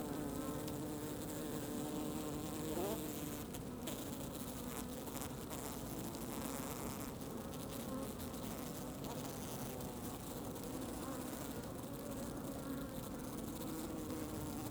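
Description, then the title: Honey bee swarm producing an unbroken low hum, single bees buzzing past with brief pitch shifts over the steady mass of wingbeats. Swarm forming on tree heath, late afternoon, 20 February 2017, Plaine des Maures, Var, France; soft humming; microphones placed near the bees; recorded on Nagra Seven with MKH8040. "Essaim d'abeilles"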